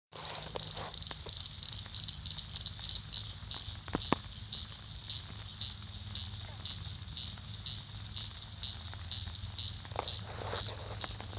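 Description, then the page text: Eastern cricket frog clicking calls, sharp dry ticks in loose bursts near the start, middle and end, over a steady high-pitched drone and a low rumble. Recorded in Maryland. "Maryland Biodiversity. Eastern Cricket Frog ( Acris crepitans )"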